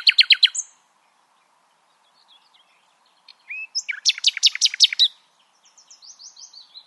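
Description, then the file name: Common nightingale song: a quick burst of repeated notes, a pause, then a slurred whistle and a loud series of rapid hard notes followed by softer chirps. "Luscinia megarhynchos"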